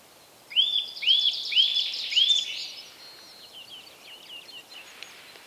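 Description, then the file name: Eurasian nuthatch uttering four clear whistles at an even pace, then quieter twittering and short notes fading out. "Sitta europaea"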